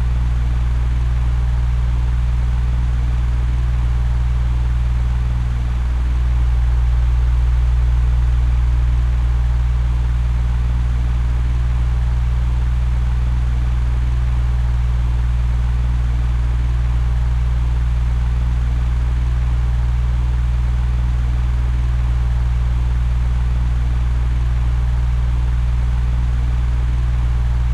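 A window fan hums steadily, its deep motor drone and soft whirring even throughout, with a faint thump near six seconds.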